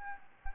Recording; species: mosquito wingbeat signal from an infrared sensor; Anopheles gambiae